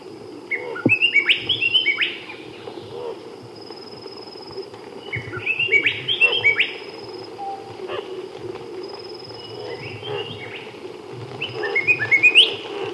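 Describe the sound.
Red shining-parrot delivering several bursts of quick, upward-slurred whistles spread throughout, with a soft steady background hiss.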